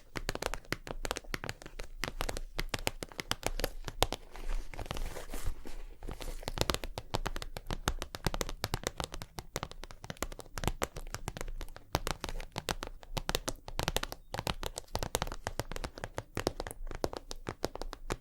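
Rapid tapping runs through the whole clip, dense, irregular clicks with no real pauses, each one sharp and crisp from low thuds up to bright ticks. The pace stays busy throughout, with a slightly thinner patch around five seconds before it picks back up.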